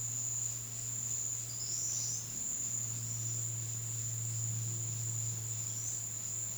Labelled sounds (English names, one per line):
none